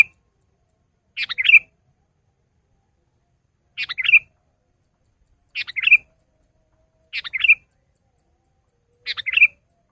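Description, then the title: Sooty-headed bulbul song: short bubbly phrases of two or three notes, repeated about every two seconds, with silence between. "kutilang"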